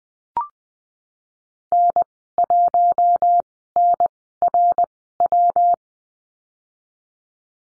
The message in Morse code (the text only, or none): N1NRW